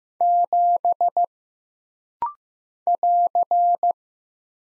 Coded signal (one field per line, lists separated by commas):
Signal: Morse code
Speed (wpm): 15 wpm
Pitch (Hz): 700 Hz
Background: none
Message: 7 <AR>